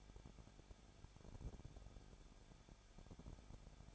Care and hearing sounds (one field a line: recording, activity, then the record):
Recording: daily activity, microphone in the room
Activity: no activity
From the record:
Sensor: 5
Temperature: 20.9 degrees Celsius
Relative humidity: 35.0%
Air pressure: 994.7 hPa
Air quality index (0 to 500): 154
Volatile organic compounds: 2 ppm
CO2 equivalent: 1284 ppm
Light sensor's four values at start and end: 2/3/1/1 and 2/3/1/1